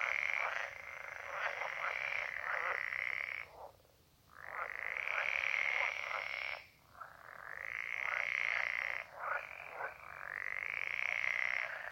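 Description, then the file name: Edible frog chorus of long, continuous buzzy rattling croaks running several seconds each, separated by brief gaps. "Pelophylax kl esculentus"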